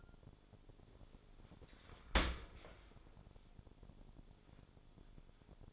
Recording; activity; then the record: daily activity, microphone in the room; open dishwasher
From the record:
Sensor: 5